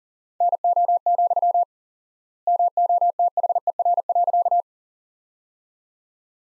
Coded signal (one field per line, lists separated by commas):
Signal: Morse code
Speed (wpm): 37 wpm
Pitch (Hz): 700 Hz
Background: none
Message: NO, MOTHER.